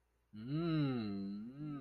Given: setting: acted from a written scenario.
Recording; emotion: vocal sound without words; desire